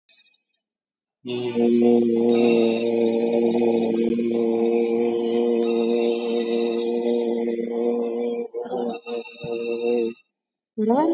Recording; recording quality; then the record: sustained vowel as in made; moderate, slight background noise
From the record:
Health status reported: COVID-19 positive, mild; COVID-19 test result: positive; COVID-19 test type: RT-PCR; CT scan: taken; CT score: 10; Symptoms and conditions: cough, cold, sore throat, fatigue, loss of smell and taste, diabetes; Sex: male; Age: 39 years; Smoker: no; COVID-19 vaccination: none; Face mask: worn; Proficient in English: yes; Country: India